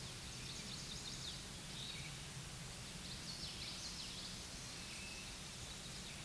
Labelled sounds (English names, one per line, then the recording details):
Common Yellowthroat song
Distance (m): 60 m
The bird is about 5 m above the microphone
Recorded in a Pennsylvania forest on 16 May 2024 at 06:52
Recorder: AudioMoth, point MSD-1307
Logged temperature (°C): 16.6 °C
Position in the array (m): 234 m, 181 m